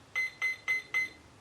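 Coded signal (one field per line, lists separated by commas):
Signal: beep code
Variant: RC electronic speed controller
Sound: four quick buzzy beeps around 2 kHz, evenly spaced, about a quarter second apart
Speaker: to tell us how many cells it is detected and then there should be a long beep that confirms that the lowest point has been set on the throttle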